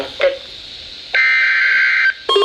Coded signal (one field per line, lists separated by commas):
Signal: Emergency Alert System (SAME) tones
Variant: header bursts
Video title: Severe T-Storm Warning (EAS #1,146)